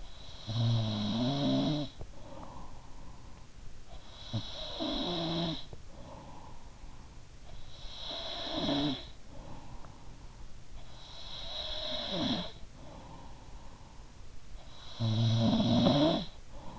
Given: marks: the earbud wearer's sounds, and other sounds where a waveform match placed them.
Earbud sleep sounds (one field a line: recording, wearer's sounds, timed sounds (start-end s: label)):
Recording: sounds in sleep by an in-ear microphone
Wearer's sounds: snoring breath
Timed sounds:
0.00-7.56 s: snoring breath
7.56-16.79 s: snoring breath